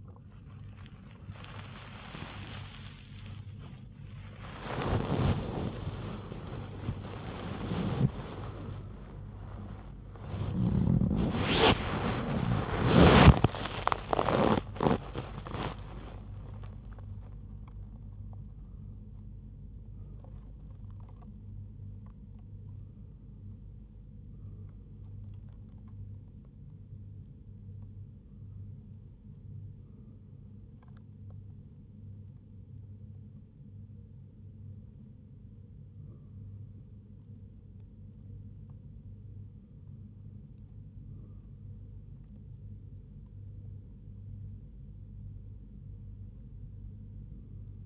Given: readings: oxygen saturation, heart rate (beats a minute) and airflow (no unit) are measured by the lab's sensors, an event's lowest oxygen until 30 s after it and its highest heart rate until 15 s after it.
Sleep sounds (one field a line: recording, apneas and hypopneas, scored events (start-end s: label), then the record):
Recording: a person awake in a sleep study, by a smartphone at the bedside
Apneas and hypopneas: none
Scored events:
30.00-47.86 s: new sleep stage, N1 (lightest sleep)
From the record:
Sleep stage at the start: awake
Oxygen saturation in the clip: 90 to 99%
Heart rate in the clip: 70 to 105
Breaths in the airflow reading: 9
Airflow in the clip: -9.0 to 13.2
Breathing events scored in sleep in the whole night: 158 in 7.3 hours asleep